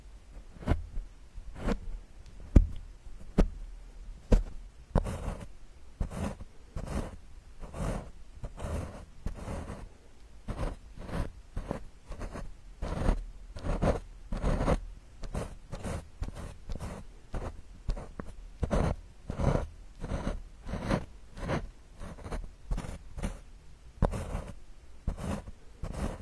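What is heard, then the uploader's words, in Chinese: An eyeshadow palette being destroyed: short, gritty scraping and crunching strokes repeat steadily, about two per second, for the whole stretch. Some strokes bunch into quicker runs, a few sharp clicks stand out early on, and a faint low rumble sits underneath. 毁掉你的眼影盘。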